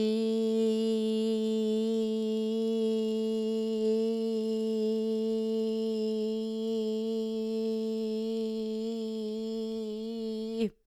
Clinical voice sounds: sustained vowel /i/; female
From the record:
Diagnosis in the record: Parkinson's disease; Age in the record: 40 years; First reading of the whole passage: 61 s, 7.8 characters per second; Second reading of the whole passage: 52 s, 9.9 characters per second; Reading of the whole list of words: 55 s, 5.1 characters per second

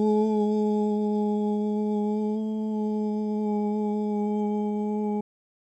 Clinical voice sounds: sustained vowel /u/; male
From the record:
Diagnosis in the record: Parkinson's disease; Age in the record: 71 years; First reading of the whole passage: 60 s, 8.7 characters per second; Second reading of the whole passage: 57 s, 9.1 characters per second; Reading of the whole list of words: 54 s, 5.3 characters per second

